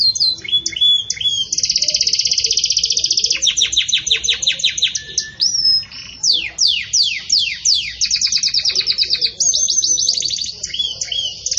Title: Canto Canário Belga Campainha Puro Com Pausa Para Treinamento